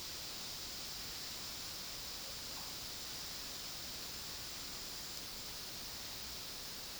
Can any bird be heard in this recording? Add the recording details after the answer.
no. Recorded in dense forest near Puerto Asís, Putumayo, Colombia, on 18 February 2024 at 11:00. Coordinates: 0.481, -76.318. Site G6421